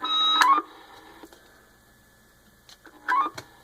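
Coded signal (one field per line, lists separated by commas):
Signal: roger beep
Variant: President CB radio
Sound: two brief electronic beep chirps with buzzy overtones, separated by faint radio hiss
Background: radio static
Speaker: Hear that nice sound? A very unique, very nice little Roger beep.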